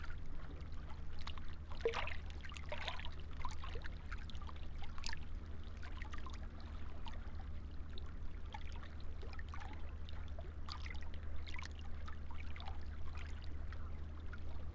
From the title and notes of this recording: Soundscenes of a changing tide. The Lento box is recording alone, tied to a cold, stark railing, that descends down the seawall into the water. East of Burnham-on-Crouch, facing due south, across the river, to Wallasea Island on the other side. Heard bobbling, over the many ridged joins that make up the seawall. We made this recording several years ago in August.